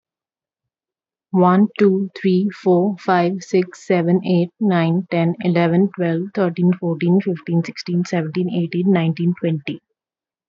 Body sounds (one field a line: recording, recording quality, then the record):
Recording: counting at a fast pace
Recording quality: excellent, no background noise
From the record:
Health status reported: healthy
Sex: female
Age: 25 years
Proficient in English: yes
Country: India